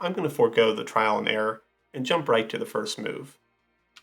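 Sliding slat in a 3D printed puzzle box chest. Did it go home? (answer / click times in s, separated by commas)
no / none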